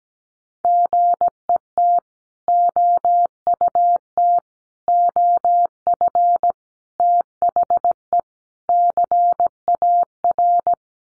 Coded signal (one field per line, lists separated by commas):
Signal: Morse code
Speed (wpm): 17 wpm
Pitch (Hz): 700 Hz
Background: none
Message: GET OUT OF THE CAR